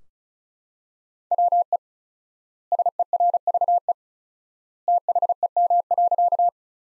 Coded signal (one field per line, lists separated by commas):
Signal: Morse code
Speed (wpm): 34 wpm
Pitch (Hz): 700 Hz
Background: none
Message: WE SERVE THEM.